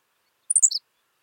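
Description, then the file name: Henslow's sparrow giving a single short, high-pitched phrase of four fast notes stepping downward, with silence before and after. "Ammodramus henslowii - Henslow's Sparrow"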